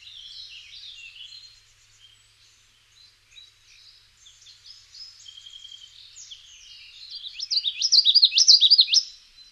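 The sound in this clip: Common yellowthroat song: soft jumbled high notes at first, then a loud rapid run of repeated rolling phrases near the end, over faint background noise.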